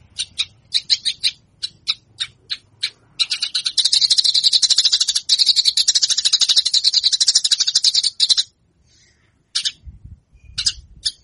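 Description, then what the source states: Javan bush lark song: separate high chirps leading into a long, fast buzzing trill lasting about five seconds, then a pause and more chirps. Song described as super special, rich in isian.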